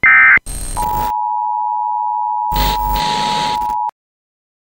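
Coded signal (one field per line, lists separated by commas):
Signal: Emergency Alert System (SAME) tones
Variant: 853 and 960 Hz attention tone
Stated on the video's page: Parody, unofficial concept of a Philippine emergency broadcast system; simulated alert.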